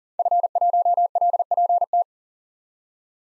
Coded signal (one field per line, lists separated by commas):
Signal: Morse code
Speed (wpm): 40 wpm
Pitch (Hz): 700 Hz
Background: none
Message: F1LPT